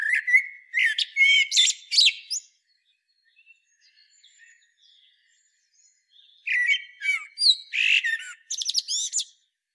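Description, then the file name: Common blackbird song: a two-and-a-half-second run of whistled and twittering notes, several seconds of quiet, then a second varied warbling phrase. "Turdus merula"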